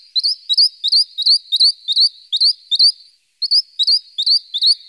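Western rock nuthatch repeating a loud upslurred whistled note about three times a second, pausing briefly, then resuming the series.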